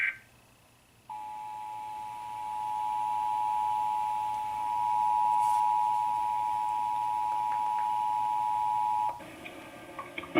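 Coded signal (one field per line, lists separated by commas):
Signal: Emergency Alert System (SAME) tones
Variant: 853 and 960 Hz attention tone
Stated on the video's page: Required Monthly Test.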